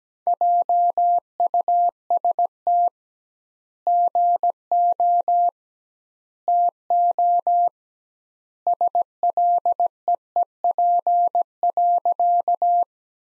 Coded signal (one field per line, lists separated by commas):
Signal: Morse code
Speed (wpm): 17 wpm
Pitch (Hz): 700 Hz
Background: none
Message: JUST GO TO SLEEP.